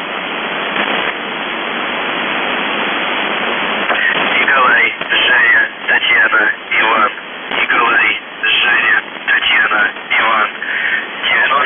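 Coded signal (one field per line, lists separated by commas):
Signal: numbers station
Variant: UVB-76, Russian voice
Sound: four seconds of radio hiss, then a man's voice reading short words through static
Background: radio static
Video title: The Buzzer/UVB-76(4625Khz) August 11, 2021 15:53UTC Voice message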